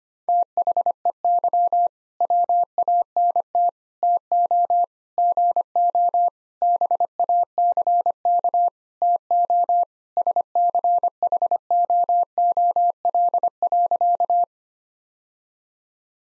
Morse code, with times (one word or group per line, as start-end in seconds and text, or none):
0.3-1.9 THEY
2.2-3.7 WANT
4.0-4.8 TO
5.2-6.3 GO
6.6-8.7 BACK
9.0-9.8 TO
10.2-14.4 SCHOOL.